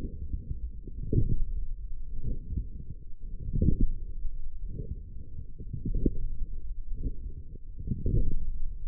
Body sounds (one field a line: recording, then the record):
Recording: forearm muscle sounds (acoustic myography)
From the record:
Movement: forearm pronation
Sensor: system 1, eight BSWA MPA416 microphones around the upper forearm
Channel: 3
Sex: male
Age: 42 years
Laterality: right